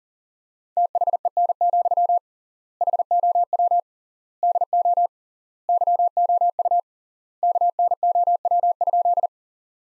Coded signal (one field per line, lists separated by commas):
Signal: Morse code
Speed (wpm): 37 wpm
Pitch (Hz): 700 Hz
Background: none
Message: THEN, HOW DO YOU KNOW?